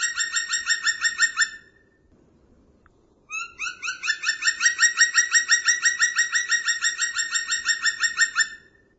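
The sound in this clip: Bird trilling with rapid, evenly repeated harsh chirps in a long run, a brief quiet pause, then a longer steady run of the same buzzy notes.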